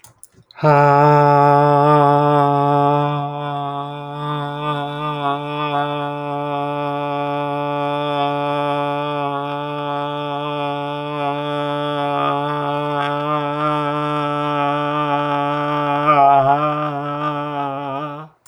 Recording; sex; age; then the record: vowel held as long as possible; male; 40 to 49 years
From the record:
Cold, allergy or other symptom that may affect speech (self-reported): no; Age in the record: 41 years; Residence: North Carolina, United States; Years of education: 16